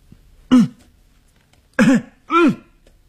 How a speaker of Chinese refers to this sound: 但是他必须得下楼啊，他咬着牙走过去，他大声地咳嗽。